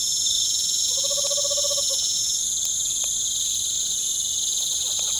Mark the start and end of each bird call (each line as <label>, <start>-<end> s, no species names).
bird call, 0.89-2.01 s
bird call, 4.68-5.19 s